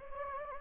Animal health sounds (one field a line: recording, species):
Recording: mosquito wingbeat signal from an infrared sensor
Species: Anopheles gambiae